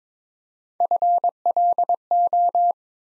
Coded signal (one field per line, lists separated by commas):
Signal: Morse code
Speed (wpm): 23 wpm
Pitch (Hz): 700 Hz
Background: none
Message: FLO